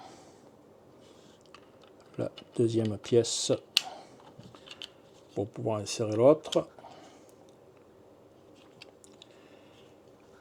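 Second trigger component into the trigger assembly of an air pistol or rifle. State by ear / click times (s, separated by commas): not seated / none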